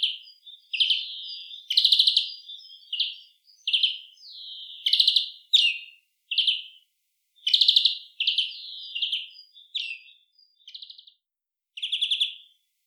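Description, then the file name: European greenfinch calling in a busy run of twittering, buzzy notes and short trills with brief pauses between them. "Chloris chloris"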